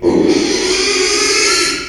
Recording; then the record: squeal of a Yucatan mini pig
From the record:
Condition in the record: after surgery on the right vocal fold (resection and tissue-engineered implant); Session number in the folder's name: 2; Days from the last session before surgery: 13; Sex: male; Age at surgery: 12 weeks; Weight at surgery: 13 kg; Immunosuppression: cyclosporine, prednisolone